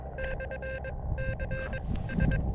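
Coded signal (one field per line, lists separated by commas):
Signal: Morse code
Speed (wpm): 22 wpm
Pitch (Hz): 1600 Hz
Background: none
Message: /CS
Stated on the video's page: Summits On The Air activation from Flynn Mountain.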